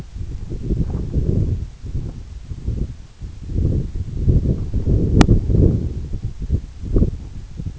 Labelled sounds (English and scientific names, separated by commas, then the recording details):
none
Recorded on Arctic tundra, site EABA-1, on 26 June 2018
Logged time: 08:00